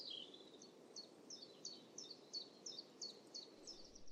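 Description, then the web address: Eurasian blue tit calls, a series of short high notes repeated at a steady pace over a low background rumble. "cianscape. Deverinetal"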